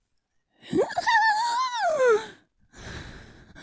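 Imitated stridor: a harsh, high-pitched, strained sound on breathing, as heard through a stethoscope in diphtheria when the stuck-on pseudomembrane and swollen lymph nodes obstruct the airway and breathing becomes difficult; a very bad sign, with roughly even odds of survival at this stage.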